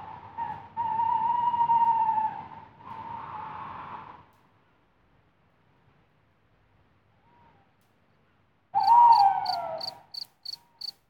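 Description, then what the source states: Tawny owl hooting: long, steady mid-pitched hoots with a wavering tail, a quiet gap, then another hoot accompanied by a run of sharp, evenly spaced high ticks. Recorded at night.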